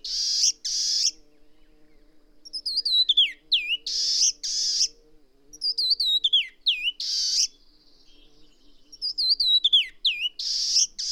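Bird alternating harsh buzzy bursts with short groups of sharply falling whistled notes, repeated three times.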